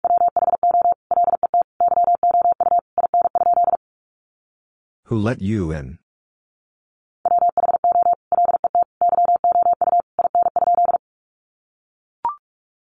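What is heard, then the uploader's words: Morse code beeps at one steady pitch tap out rapid dots and dashes, pause for a brief burst of speech near five seconds, then resume. Sentences from Top 300 Words 45wpm. First, the words are sent in Morse code. Then it is spoken.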